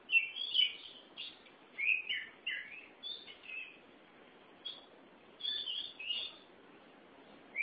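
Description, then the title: Oriental magpie-robin giving scattered whistled and chattering notes in small clusters, with quieter stretches between phrases and a soft background hiss. Chirping song (kicauan) of the bird. "Suara Kicauan Burung Kacer Durasi Panjang"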